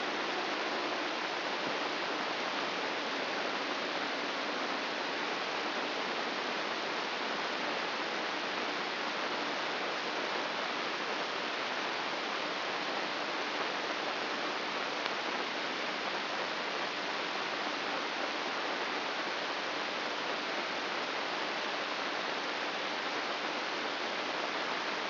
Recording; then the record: brain microelectrode recording played as sound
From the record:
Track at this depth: inside the subthalamic nucleus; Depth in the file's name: 5.483 mm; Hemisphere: left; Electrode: 2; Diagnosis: Parkinson's disease